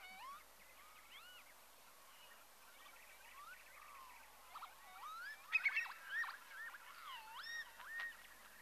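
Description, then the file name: Northern lapwing calls: many wheezy, slurred notes that swoop up and down, overlapping and uneven, growing louder and denser in the second half. "Tofsvipa"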